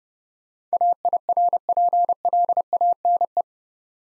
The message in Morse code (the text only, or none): AIRPLANE